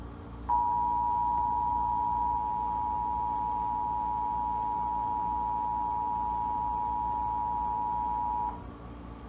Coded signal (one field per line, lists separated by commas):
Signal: Emergency Alert System (SAME) tones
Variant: 853 and 960 Hz attention tone